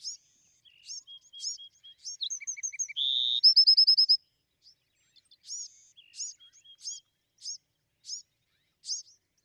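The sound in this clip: Bewick's wren singing a complex phrase: thin high notes, a brief buzz and a quick even trill, followed by scattered sharp chips.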